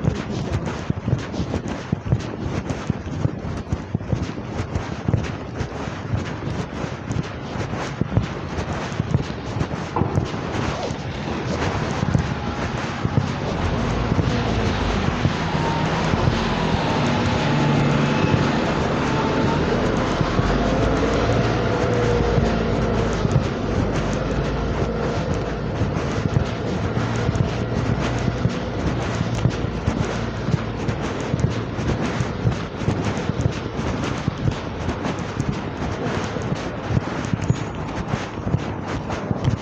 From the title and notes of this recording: Shorty's regular weekly shopping trip starts with a long walk out on a grey and wet Saturday morning.